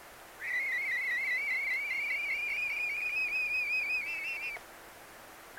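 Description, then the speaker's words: European honey buzzard begging call, one drawn-out high whistle with a rapid quavering vibrato, held steady and gently rising for about four seconds before stopping abruptly; another starts at the end. Mournful begging calls of a young, ringed and tracked individual from the small Scottish population, recorded under licence. "So sadly, I'm going to end with these unique, mournful begging calls from an individual bird about which we know so much, of a species about which we know so very little."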